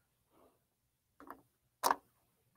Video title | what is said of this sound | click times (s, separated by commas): Basic Sewing Machine Maintenance using the Baby Lock Zest & Zeal - SMP Live Episode #40 | Make sure it clicks into place. Just a single screw again. | 1.9 s